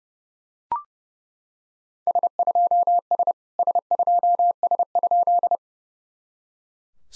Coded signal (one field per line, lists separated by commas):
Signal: Morse code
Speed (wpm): 29 wpm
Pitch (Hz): 700 Hz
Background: none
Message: S2S S2S?